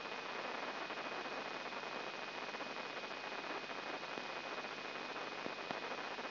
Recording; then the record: brain microelectrode recording played as sound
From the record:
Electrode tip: inside the subthalamic nucleus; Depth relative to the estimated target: 0 mm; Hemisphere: right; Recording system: AlphaMap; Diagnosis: Parkinson's disease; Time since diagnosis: 8 years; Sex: female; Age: 37 years